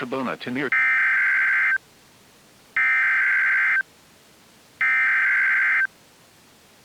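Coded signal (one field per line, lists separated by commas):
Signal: Emergency Alert System (SAME) tones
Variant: header bursts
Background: speech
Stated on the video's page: Recorded off a NOAA Weather Radio station during a severe weather event.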